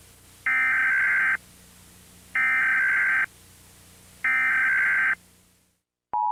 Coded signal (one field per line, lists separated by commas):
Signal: Emergency Alert System (SAME) tones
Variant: header bursts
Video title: SCP-999 EAS Scenario